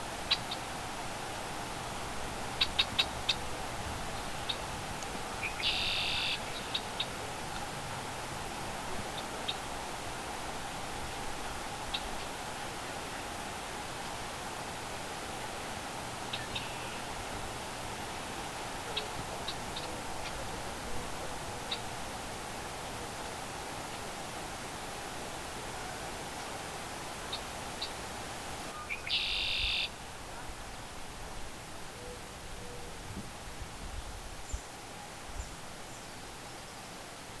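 A Red-winged Blackbird calls at a pond, with two short, bright buzzy bursts around 6 and 30 seconds and a few faint chips between. A steady rushing hiss, like water or traffic, fills the whole recording with a low hum underneath.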